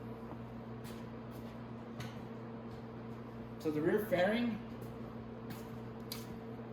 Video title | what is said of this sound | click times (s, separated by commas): How to Install the Seat Lock on the Venom X22GT 250cc Automatic Motorcycle - Venom Motorsports | things so it clicks in here and Clicks in here and then this comes on | 6.1 s